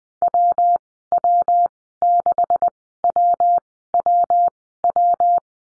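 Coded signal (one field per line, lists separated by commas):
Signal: Morse code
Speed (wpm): 20 wpm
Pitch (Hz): 700 Hz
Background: none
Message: WW6WWW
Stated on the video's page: Morse code course lesson at Farnsworth speed 20/10 wpm, letter F in call signs.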